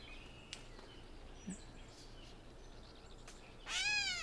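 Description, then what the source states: Gray Catbird giving a single nasal, cat-like mew near the end, after a few seconds of faint background noise. Call sounds a little like a kitty cat, giving the catbird its name.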